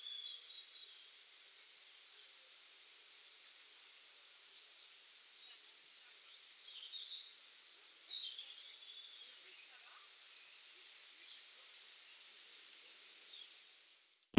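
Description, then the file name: Common blackbird high, thin call notes: four sharp descending whistles every few seconds, with several fainter short chirps and squeaks in between. "Turdus merula"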